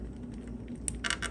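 The last of four plastic wiring harness connectors from a Power Commander fuel module is lined up by its notch and pushed into its plug on a Yamaha R1 motorcycle. A sharp click at 0.9 s marks it seating home, followed by a few quieter handling sounds. All four connectors are now connected.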